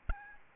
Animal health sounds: mosquito wingbeat signal from an infrared sensor; Aedes albopictus

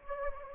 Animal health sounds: mosquito wingbeat signal from an infrared sensor; Anopheles gambiae

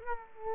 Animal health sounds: mosquito wingbeat signal from an infrared sensor; Culex quinquefasciatus

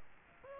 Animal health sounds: mosquito wingbeat signal from an infrared sensor; Aedes aegypti

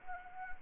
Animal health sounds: mosquito wingbeat signal from an infrared sensor; Anopheles arabiensis

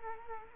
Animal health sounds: mosquito wingbeat signal from an infrared sensor; Culex quinquefasciatus

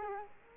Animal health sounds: mosquito wingbeat signal from an infrared sensor; Culex quinquefasciatus

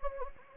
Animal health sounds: mosquito wingbeat signal from an infrared sensor; Anopheles gambiae

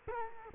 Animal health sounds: mosquito wingbeat signal from an infrared sensor; Culex quinquefasciatus

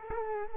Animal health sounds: mosquito wingbeat signal from an infrared sensor; Culex quinquefasciatus

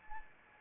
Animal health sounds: mosquito wingbeat signal from an infrared sensor; Anopheles arabiensis

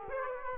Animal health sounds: mosquito wingbeat signal from an infrared sensor; Aedes aegypti

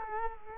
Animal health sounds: mosquito wingbeat signal from an infrared sensor; Culex quinquefasciatus

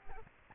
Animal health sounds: mosquito wingbeat signal from an infrared sensor; Aedes albopictus

